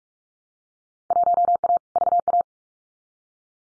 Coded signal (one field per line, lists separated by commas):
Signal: Morse code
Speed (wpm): 44 wpm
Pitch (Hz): 700 Hz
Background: none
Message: 1A VA